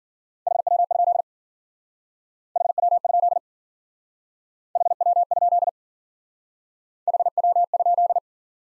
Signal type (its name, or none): Morse code